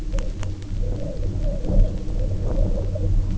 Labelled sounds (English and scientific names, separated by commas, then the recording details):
none
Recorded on Arctic tundra, site UTQI-0, on 27 June 2018
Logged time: 16:00